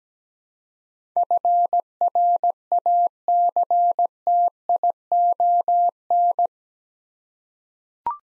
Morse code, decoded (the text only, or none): FRACTION